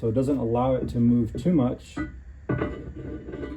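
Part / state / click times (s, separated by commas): clutch fork onto pivot ball in bellhousing / not seated / none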